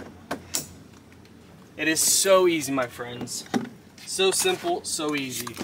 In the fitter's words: to push them down in until you hear a click